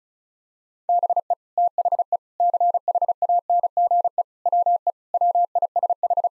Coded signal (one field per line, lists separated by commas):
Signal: Morse code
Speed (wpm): 36 wpm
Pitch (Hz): 700 Hz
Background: none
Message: BE THE CHANGE WE WISH